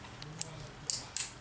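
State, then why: Seated. The hammer of an R.I.A M-206 revolver is drawn back, and its cylinder stop and sear engage with two crisp, bright metal clicks at 0.9 and 1.2 seconds, after fainter ticks near 0.2 and 0.4 seconds. The cylinder locks up and the hammer cocks with a solid two-click action.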